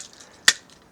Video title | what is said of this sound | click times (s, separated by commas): Liokaiser Review / Six Transformers, One Massive Issue | So, if we unlock back here, | 0.5 s